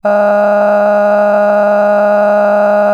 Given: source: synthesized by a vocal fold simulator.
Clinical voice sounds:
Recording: sustained vowel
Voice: female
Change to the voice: cycle-to-cycle stiffness perturbation (roughness), level 6 of 10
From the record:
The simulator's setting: 3.88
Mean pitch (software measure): 206 Hz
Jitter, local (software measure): 1.80%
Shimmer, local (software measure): 13.6%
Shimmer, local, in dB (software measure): 1.20 dB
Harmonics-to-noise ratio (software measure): 14.5 dB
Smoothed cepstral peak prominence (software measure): 15.6 dB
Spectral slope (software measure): -21.9 dB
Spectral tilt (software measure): -11.4 dB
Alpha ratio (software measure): -12.4 dB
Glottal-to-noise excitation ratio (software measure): 0.957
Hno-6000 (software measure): 2.4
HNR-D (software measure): 32.6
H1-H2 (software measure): 4.4 dB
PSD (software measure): 7.5e-05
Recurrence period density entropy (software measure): 0.119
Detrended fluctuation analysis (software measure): 0.0281

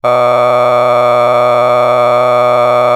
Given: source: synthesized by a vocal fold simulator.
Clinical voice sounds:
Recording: sustained vowel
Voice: male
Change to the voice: a random mix of aspiration noise, stiffness perturbation and strain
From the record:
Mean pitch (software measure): 122 Hz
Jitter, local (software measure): 2.04%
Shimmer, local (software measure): 8.1%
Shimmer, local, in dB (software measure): 0.73 dB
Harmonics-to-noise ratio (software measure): 12.6 dB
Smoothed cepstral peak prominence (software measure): 18.0 dB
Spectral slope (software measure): -14.9 dB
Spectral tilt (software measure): -10.9 dB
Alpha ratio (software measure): -5.4 dB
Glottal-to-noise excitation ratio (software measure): 0.989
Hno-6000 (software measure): 2.1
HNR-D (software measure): 25.1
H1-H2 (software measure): 1.7 dB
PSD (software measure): 1.6e-04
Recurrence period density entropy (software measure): 0.111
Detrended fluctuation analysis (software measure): 0.0336

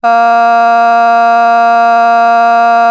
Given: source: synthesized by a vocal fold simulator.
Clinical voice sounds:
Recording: sustained vowel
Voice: female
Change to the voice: vocal strain, level 5 of 10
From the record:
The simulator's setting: 0.44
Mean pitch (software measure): 233 Hz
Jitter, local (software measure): 0.39%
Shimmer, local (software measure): 1.8%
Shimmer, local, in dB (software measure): 0.15 dB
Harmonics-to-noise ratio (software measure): 27.4 dB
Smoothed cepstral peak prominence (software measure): 21.4 dB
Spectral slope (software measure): -17.9 dB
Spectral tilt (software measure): -7.7 dB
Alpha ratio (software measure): -8.4 dB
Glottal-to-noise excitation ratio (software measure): 0.990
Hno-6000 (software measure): 2.0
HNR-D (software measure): 43.4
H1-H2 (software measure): -0.6 dB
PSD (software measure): 2.0e-05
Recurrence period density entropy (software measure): 0.125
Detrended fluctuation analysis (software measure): 0.0107

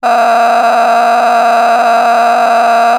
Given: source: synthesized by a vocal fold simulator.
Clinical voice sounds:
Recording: sustained vowel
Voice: female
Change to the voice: a random mix of aspiration noise, stiffness perturbation and strain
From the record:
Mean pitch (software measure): 234 Hz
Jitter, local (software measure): 3.05%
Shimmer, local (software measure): 12.9%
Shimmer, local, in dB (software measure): 1.02 dB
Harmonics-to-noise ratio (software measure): 9.5 dB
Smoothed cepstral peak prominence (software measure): 11.1 dB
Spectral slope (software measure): -17.6 dB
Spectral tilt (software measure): -9.6 dB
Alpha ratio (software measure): -8.1 dB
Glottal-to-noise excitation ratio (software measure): 0.926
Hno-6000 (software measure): 1.8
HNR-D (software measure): 27.6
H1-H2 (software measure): -4.6 dB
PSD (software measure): 1.7e-04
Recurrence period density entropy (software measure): 0.123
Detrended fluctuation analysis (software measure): 0.0118

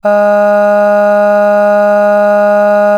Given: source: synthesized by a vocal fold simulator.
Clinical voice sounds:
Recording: sustained vowel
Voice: female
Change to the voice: aspiration noise (breathiness), level 4 of 10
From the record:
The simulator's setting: 0.61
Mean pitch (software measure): 206 Hz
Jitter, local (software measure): 0.27%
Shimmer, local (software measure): 2.6%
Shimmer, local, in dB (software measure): 0.23 dB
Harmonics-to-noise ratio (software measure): 26.8 dB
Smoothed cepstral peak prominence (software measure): 17.0 dB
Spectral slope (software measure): -21.9 dB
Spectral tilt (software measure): -8.0 dB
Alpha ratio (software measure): -12.3 dB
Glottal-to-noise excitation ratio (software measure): 0.949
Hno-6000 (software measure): 2.2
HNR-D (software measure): 40.5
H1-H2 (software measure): 9.5 dB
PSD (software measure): 1.6e-05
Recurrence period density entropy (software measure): 0.125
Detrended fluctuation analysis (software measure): 0.0274

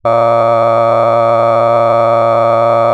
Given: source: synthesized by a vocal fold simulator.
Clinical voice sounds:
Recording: sustained vowel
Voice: male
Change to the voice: cycle-to-cycle stiffness perturbation (roughness), level 8 of 10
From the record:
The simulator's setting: 4.90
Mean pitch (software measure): 115 Hz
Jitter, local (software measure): 2.14%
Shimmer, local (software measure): 8.1%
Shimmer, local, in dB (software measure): 0.62 dB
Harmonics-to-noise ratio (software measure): 13.0 dB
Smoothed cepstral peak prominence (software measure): 18.2 dB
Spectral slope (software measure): -16.9 dB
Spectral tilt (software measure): -12.0 dB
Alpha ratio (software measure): -7.4 dB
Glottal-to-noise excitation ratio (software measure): 0.993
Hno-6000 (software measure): 2.4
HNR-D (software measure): 22.1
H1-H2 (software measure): 4.9 dB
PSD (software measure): 1.6e-04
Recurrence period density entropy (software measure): 0.104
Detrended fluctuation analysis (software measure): 0.0551

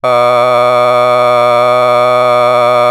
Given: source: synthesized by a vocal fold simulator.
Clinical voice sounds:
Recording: sustained vowel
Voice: male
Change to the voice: vocal strain, level 7 of 10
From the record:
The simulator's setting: 0.67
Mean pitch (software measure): 123 Hz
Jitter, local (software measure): 0.81%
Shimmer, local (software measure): 2.4%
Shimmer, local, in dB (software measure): 0.21 dB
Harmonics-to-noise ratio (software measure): 18.9 dB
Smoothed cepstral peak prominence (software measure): 20.8 dB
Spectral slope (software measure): -13.5 dB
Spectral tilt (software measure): -9.6 dB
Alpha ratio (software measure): -4.0 dB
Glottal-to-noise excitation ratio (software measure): 0.993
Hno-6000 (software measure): 2.0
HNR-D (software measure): 28.3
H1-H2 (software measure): 1.1 dB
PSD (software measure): 1.2e-04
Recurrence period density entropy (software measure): 0.116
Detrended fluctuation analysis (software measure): 0.0299

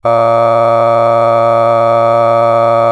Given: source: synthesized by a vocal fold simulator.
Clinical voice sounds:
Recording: sustained vowel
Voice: male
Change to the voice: a random mix of aspiration noise, stiffness perturbation and strain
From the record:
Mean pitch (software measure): 115 Hz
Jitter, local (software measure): 1.44%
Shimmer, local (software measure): 6.0%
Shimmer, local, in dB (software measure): 0.51 dB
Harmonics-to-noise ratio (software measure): 15.4 dB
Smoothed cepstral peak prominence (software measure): 18.4 dB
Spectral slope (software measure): -17.1 dB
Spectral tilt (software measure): -11.3 dB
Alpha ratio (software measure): -7.5 dB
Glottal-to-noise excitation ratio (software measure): 0.984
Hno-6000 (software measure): 2.4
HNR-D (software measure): 22.8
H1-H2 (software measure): 5.0 dB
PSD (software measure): 1.0e-04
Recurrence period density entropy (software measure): 0.105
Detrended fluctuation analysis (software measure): 0.0548

